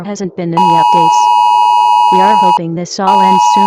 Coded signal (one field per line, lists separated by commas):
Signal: Emergency Alert System (SAME) tones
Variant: 853 and 960 Hz attention tone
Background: speech